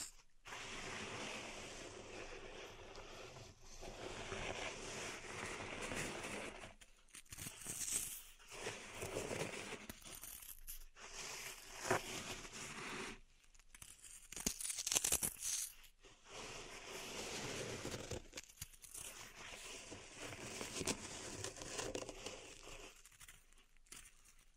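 Pink salt is raked and stirred through a zen garden, making a dense, grainy hiss that swells and fades in long sweeping strokes. Short pauses of near silence break the scraping around seven, thirteen and sixteen seconds, and the texture crackles and crinkles throughout.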